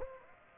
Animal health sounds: mosquito wingbeat signal from an infrared sensor; Aedes aegypti

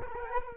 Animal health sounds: mosquito wingbeat signal from an infrared sensor; Culex quinquefasciatus

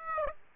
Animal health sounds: mosquito wingbeat signal from an infrared sensor; Aedes aegypti

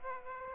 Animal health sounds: mosquito wingbeat signal from an infrared sensor; Aedes aegypti

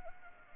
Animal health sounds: mosquito wingbeat signal from an infrared sensor; Anopheles arabiensis

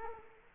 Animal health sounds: mosquito wingbeat signal from an infrared sensor; Culex quinquefasciatus

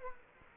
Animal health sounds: mosquito wingbeat signal from an infrared sensor; Culex quinquefasciatus

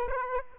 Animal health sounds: mosquito wingbeat signal from an infrared sensor; Aedes aegypti

